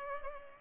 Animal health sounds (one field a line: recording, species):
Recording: mosquito wingbeat signal from an infrared sensor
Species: Culex pipiens